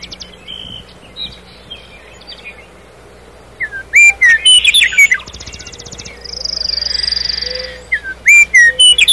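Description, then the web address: Common nightingale song: quiet start, then loud whistled notes, a rapid buzzy trill and a long throbbing rattle, ending in sharp whistled notes. "rouxinol comum canto do rouxinol comum"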